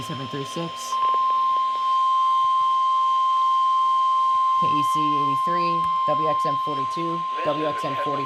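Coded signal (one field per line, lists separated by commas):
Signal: Emergency Alert System (SAME) tones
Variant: 1050 Hz attention tone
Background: speech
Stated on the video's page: Required weekly tests on NOAA weather radio transmitters at 162.400–162.550 MHz.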